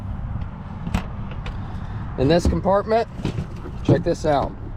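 An exterior storage compartment door on a Lance travel trailer is handled as it is about to swing up onto a magnetic holder that keeps it open, with faint handling knocks near 1.5 and 3.3 seconds over a low background rumble while someone talks. The clip ends before the door reaches the holder, so nothing has seated or clicked yet.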